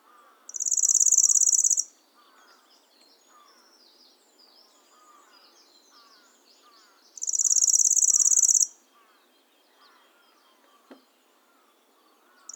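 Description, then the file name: Lanceolated warbler reeling song, two high, buzzy, cricket-like trills several seconds apart, with faint twittering of other birds between and a third trill starting at the very end. "Golosa ptic - Pyatnistyj sverchok Locustella lanceolata"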